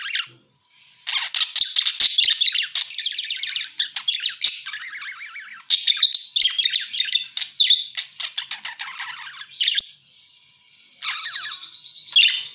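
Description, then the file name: Parakeet chatter with harsh, buzzy squawking runs and rapid clicking notes, a short pause at the start and a steadier whistled note near the end. Lure sound used for catching birds. "pancingan suara burung parkit"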